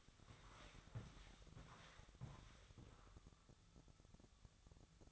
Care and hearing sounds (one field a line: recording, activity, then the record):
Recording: daily activity, microphone in the room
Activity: walk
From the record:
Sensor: 3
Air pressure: 1000.5 hPa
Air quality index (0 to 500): 165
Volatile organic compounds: 3 ppm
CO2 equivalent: 1442 ppm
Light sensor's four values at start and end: 16/42/17/19 and 18/45/19/20